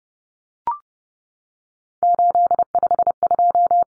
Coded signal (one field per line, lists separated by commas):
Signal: Morse code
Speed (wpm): 30 wpm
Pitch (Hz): 700 Hz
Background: none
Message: 852